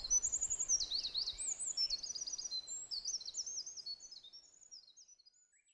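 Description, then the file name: Olive-backed Pipit song: a fast, high jumble of thin buzzy trills and sweeping notes that shift in pitch, fading out over the last seconds. Recorded at Mt Hinoki. "Indian Tree Pipit At Mt Hinoki"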